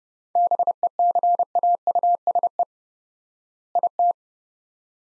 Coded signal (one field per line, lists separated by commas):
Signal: Morse code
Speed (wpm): 30 wpm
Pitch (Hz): 700 Hz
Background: none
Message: BECAUSE IT